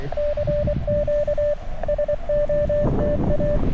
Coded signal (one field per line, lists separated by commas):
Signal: Morse code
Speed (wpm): 24 wpm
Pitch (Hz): 590 Hz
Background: radio noise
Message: CQ SOTA